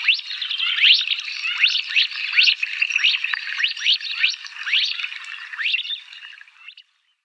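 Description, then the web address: Mandarin duck calling with quick upslurred whistles repeated in an uneven overlapping stream, gradually fading out near the end. Male. "Schulze Peter Mandarin Duck"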